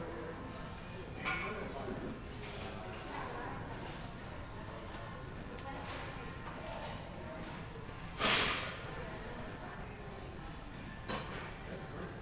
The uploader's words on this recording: Standing in the Habitat for Humanity ReStore on North Wendover Road. Featuring moving furniture, a rolling cart, and shoppers.